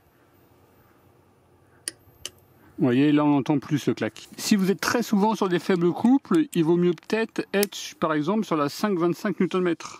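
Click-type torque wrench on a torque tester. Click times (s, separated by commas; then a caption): 1.9 s. A click-type torque wrench set to about 18 N·m is pulled on a torque tester until it breaks over, giving a sharp click at 1.8 s followed by a second, softer click at 2.3 s. The wrench clicks at its setting, and then someone talks.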